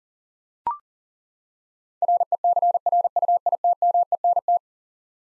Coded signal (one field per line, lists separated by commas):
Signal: Morse code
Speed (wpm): 40 wpm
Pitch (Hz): 700 Hz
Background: none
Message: RECRUITMENT